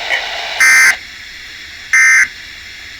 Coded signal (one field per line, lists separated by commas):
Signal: Emergency Alert System (SAME) tones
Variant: end-of-message bursts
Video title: (I'm back!) Required weekly test on June 12th 2024 (EAS#?)